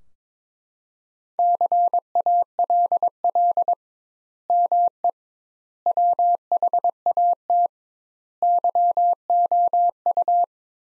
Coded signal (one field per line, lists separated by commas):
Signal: Morse code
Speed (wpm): 22 wpm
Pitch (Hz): 700 Hz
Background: none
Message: CALL ME WHAT YOU